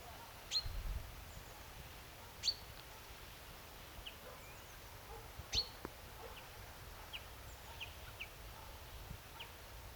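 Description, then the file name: Common chaffinch calls: a few sharp, quick descending notes given singly, with fainter short chips in a quiet outdoor setting. "Fringilla coelebs"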